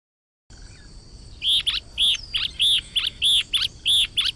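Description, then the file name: Yellow-bellied elaenia giving a fast run of about nine scratchy, burry notes over a steady high background whine. "Canto do Guaracava de barriga amarela"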